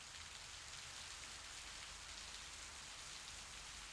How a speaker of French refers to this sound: J'avais marché toute la journée sous une pluie dense, drue, dans ce Tanger où il ne pleut que 10 jours par an.